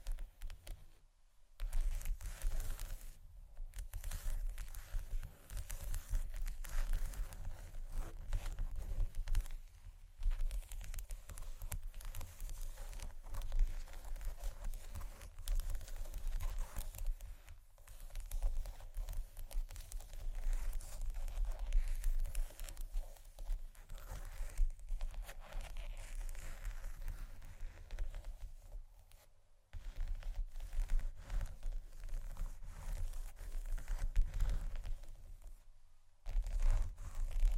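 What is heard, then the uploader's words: Scratching and rubbing on a table surface goes on almost without pause, a dense, gritty texture with a strong low thump underneath. Brief silent gaps break it up, near 1, 3, 10, 17, 29 and 36 seconds, before the scraping resumes. ASMR Tap & Scratch On Table Surfaces （No Talking）.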